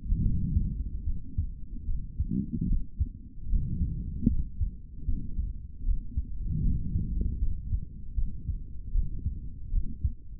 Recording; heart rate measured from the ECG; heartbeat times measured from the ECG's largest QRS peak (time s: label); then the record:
heart sounds by stethoscope; 76 bpm
0.21 s: heartbeat
1.04 s: heartbeat
1.85 s: heartbeat
2.66 s: heartbeat
3.48 s: heartbeat
4.28 s: heartbeat
5.05 s: heartbeat
5.83 s: heartbeat
6.62 s: heartbeat
7.39 s: heartbeat
8.15 s: heartbeat
8.92 s: heartbeat
9.70 s: heartbeat
From the record:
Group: healthy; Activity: rest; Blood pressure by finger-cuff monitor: 112/88 mmHg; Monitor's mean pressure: 97 mmHg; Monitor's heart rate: 75 bpm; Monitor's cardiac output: 3.4 L/min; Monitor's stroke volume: 45 mL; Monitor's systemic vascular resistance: 2110 dyn s/cm5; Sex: male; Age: 55 years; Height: 167 cm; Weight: 57.2 kg